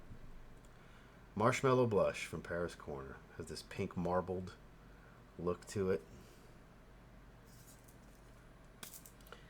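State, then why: Seated. Someone talks about a Paris Corner Marshmallow Blush perfume bottle with a pink marbled look, then pushes its plastic cap back onto the bottle. The cap clicks into place at 8.8 s with a short, sharp snap, followed by a few faint handling ticks, and it sits seated.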